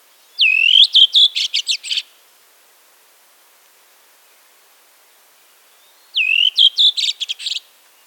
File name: drozd belobrovik